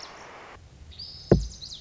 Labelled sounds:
Lazuli Bunting
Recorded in Sonoma County, California

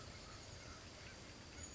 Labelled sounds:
Chestnut-backed Chickadee
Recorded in Sonoma County, California

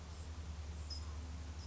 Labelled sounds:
California Towhee
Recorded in Sonoma County, California

